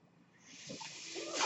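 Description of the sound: A soft, steadily rising hiss of airflow from a home mechanical ventilator delivering a breath.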